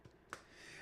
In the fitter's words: it just kind of slides in and it snaps into place.